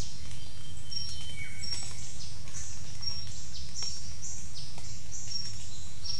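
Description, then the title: Bird calls: short, thin, high whistled notes repeated throughout, with a brief falling note near the start, all over a heavy steady low rumble. Birds calling in the jungle at Mungku Baru, Central Kalimantan, Indonesia. "丛林中的鸟叫_黑色喜p-印度尼西亚中加里曼丹省Mungku Baru"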